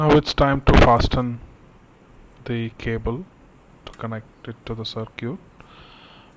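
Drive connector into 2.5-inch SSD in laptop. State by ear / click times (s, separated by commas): seated / 5.6 s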